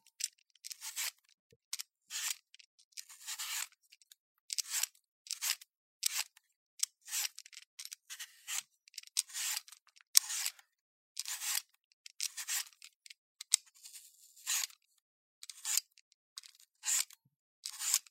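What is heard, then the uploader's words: A knife cuts through an apple in short, crisp, bright crunches, repeating unevenly about every half second to second, against silence. 切蘋果｜Cutting Apple.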